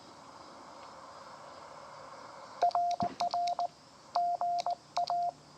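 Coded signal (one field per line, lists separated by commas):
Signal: Morse code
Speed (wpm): 19 wpm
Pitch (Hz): 700 Hz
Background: none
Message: RR GA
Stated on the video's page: QRP Parks on the Air activation from Schoharie Crossing State Historic Site, upstate New York.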